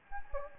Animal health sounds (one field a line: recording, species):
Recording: mosquito wingbeat signal from an infrared sensor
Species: Anopheles gambiae